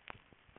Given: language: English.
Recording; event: throat vibration sensor signal played as sound; swallow